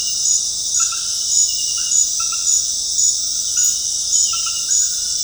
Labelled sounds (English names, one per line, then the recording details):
none
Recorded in dense forest near Puerto Asís, Putumayo, Colombia, on 21 February 2024 at 23:30
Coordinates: 0.485, -76.325
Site G6429